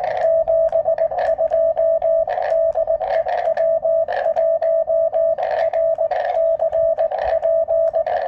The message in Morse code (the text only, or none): 72 DE W1RCP